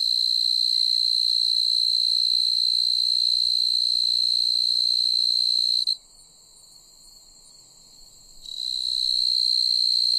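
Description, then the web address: Fast-calling tree cricket giving a steady high trill that stops for about two and a half seconds midway, then resumes and keeps going. North America. "Songs of Insects. Fast-calling Tree Cricket"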